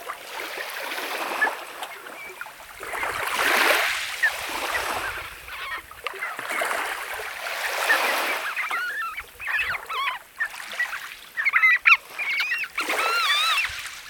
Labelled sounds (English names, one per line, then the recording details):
Red Knot call
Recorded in the wild
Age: adult
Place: Kloster, Insel Hiddensee, Mecklenburg-Vorpommern, DE
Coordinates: 54.5826, 13.1013
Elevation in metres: 0
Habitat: sea coast
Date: 2023-09-09 06:35
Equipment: Olympus LS, internal mics, 300 Hz HP
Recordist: Frommolt, Karl-Heinz